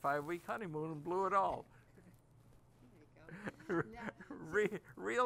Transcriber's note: they laugh